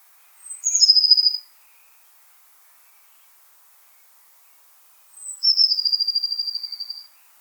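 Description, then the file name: Eurasian blue tit singing two phrases, each opening with a thin, very high note that drops into a fast, even trill, with quiet between phrases. "Cyanistes caeruleus"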